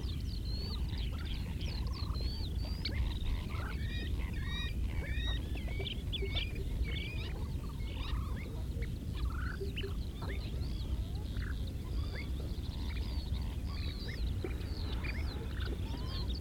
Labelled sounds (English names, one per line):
Kentish Plover call